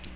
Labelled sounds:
Magnolia Warbler flight call

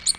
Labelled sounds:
Ovenbird flight call

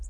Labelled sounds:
Red-faced Warbler flight call

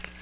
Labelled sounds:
Magnolia Warbler flight call

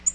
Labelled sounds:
Tennessee Warbler flight call

